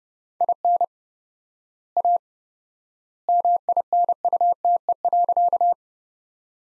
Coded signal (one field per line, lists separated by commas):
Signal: Morse code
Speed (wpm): 30 wpm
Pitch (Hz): 700 Hz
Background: none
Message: IN A MINUTE.